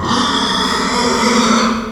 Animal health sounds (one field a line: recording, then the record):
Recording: squeal of a Yucatan mini pig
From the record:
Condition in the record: after surgery on the right vocal fold (resection and tissue-engineered implant)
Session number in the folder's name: 16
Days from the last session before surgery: 183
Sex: female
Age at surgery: 19 weeks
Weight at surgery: 25 kg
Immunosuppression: prednisolone